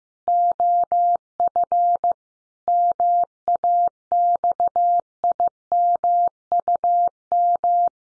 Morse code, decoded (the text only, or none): OF MAXIMUM